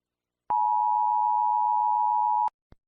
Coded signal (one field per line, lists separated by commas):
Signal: Emergency Alert System (SAME) tones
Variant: 853 and 960 Hz attention tone